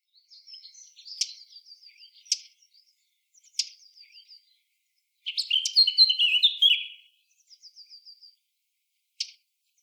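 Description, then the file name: Eurasian blackcap song and calls: faint high twittering with a few sharp clicking notes, and a loud, rapid warbling phrase lasting nearly two seconds in the middle. "Sylvia atricapilla"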